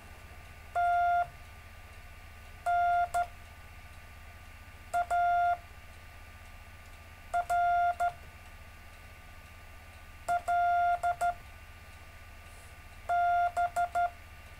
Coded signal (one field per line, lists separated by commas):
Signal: Morse code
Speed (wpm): 14 wpm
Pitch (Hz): 700 Hz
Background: none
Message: TNARLB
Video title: David Casler Live Stream Morse Code 3, 10 Mar 2018, 1700-1730 UTC